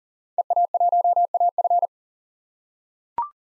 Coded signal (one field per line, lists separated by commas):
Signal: Morse code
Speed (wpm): 40 wpm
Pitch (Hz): 700 Hz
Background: none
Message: EA1AF